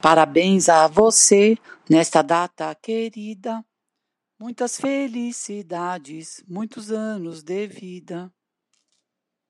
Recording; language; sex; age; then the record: short text; Brazilian Portuguese; female; 50 to 59 years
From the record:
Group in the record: control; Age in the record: 59 years